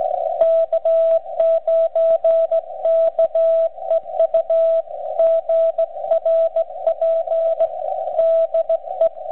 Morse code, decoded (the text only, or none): K9KEU GRP DE